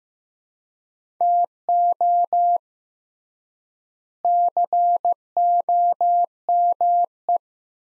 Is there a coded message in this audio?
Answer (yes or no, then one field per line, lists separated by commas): yes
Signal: Morse code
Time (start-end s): 1.2-7.4 s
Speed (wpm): 15 wpm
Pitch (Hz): 700 Hz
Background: none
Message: TO COME